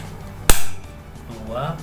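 A plastic push pin of a CPU cooler is pressed into a motherboard mounting hole and snaps home with a sharp click at 0.5 s. A brief decaying ring follows, and then someone talks. The second push pin is seated.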